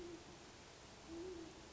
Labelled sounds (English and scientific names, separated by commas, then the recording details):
Great Horned Owl (Bubo virginianus)
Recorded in Sonoma County, California